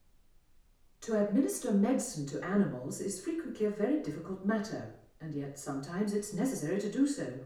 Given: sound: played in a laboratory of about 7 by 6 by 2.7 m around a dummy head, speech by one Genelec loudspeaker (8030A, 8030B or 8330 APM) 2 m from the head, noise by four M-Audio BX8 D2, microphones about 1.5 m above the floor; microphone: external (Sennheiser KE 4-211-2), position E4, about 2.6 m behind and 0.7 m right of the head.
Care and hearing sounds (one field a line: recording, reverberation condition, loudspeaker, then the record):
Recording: female speech in English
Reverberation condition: medium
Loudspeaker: in front (0 degrees)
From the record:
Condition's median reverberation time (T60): about 510 ms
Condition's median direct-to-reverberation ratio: about -0.5 dB